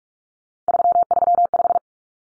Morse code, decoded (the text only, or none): 335